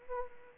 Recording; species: mosquito wingbeat signal from an infrared sensor; Anopheles arabiensis